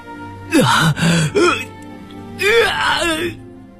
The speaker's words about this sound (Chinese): 就在他思索的时候，某间房里传来一阵撕心裂肺的哀嚎。